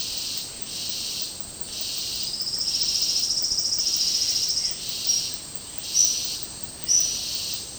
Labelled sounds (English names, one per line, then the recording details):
Silvered Antbird
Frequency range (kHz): Silvered Antbird 3.8-8.1 kHz
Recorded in dense forest near Puerto Asís, Putumayo, Colombia, on 19 February 2024 at 09:30
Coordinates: 0.503, -76.322
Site G6418